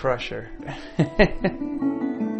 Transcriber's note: laughter